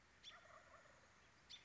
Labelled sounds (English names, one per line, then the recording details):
Wild Turkey
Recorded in Sonoma County, California